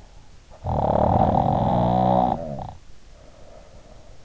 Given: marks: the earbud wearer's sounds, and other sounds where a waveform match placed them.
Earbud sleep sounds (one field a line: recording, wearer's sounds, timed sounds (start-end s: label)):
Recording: sounds in sleep by an in-ear microphone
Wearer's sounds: snoring breath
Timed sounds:
0.36-4.05 s: snoring breath